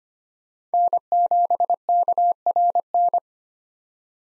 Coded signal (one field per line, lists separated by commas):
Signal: Morse code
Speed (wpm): 25 wpm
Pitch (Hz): 700 Hz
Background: none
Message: N7KRN